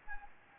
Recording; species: mosquito wingbeat signal from an infrared sensor; Anopheles gambiae